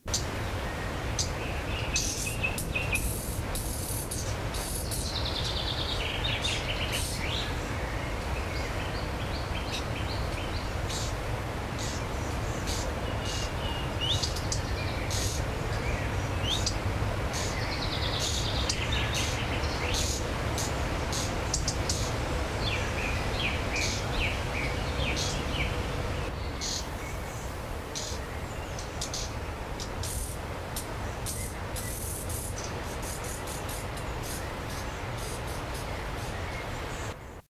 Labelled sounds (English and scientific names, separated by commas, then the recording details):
Common Redstart (Phoenicurus phoenicurus) call, Common Chaffinch (Fringilla coelebs)
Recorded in the wild
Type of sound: call
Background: Fringilla coelebs
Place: Hannover, Hermann-Löns-Park, Niedersachsen, DE
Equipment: Halbspur, 9,5 cm/s
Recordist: Lütgens, Hans
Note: Flügge Junge